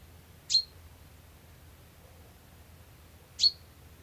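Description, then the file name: Common chaffinch giving single sharp, clipped 'pink' calls, two of them spaced roughly three seconds apart against a faint, steady background hum. "Fringilla coelebs"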